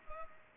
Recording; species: mosquito wingbeat signal from an infrared sensor; Culex pipiens